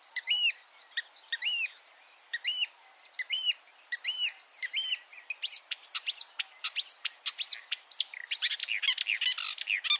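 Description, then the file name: Marsh warbler singing: arched whistled notes repeated about every half second, then faster, scratchier and more varied chatter building toward the end. Chirping song. "suara kicauan burung marsh warbler. omkicau"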